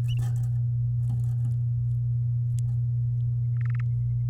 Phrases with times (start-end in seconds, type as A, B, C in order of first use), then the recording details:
3.57-3.81 A. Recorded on 11 May 2018 at 08:15. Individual llb16